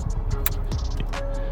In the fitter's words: make sure it clicks so it's locked and also make sure this little lock